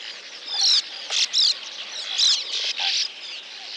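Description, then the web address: Sand martin gives rough buzzy chirps in clumped bursts, forming a scratchy chatter. Recorded in Lower Saxony, Germany. "niedersachsen uferschwalbe"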